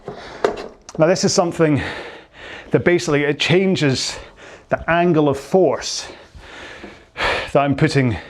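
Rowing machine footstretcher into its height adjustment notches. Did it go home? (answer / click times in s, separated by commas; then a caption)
yes / 0.5 s, 0.9 s. A rowing machine's footstretcher plate is raised two positions into its height adjustment notches, with sharp clicks at 0.5 s and 0.9 s as it locks into the higher notch. Someone then talks over a quiet room background.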